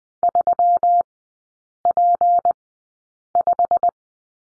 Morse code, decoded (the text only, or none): 3P5